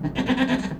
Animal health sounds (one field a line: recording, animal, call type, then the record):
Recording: contact call of a hoofed animal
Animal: goat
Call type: low-frequency (closed-mouth) or high-frequency (open-mouth) call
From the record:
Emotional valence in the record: negative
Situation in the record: food frustration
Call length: 0.80 s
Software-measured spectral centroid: 1800 Hz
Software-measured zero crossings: 1220 a second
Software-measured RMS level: -24 dBFS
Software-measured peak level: -9 dBFS